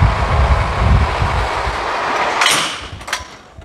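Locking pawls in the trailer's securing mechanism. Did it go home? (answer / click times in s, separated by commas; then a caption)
yes / 3.1 s. On a Krone ProfiLiner curtain-sider semi-trailer with the Multilock system, a steel locking mechanism is closed over a steady broadband rumble and a brief scraping burst near 2.5 s. Its pawls engage with a single sharp metallic hit at 3.1 s, and the mechanism is secured.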